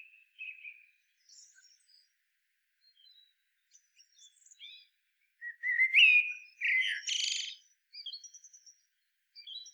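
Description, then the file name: Common blackbird song: quiet scattered notes, then a louder phrase of rising fluty whistles running into a high squeaky twitter, with soft notes after. "Turdus merula"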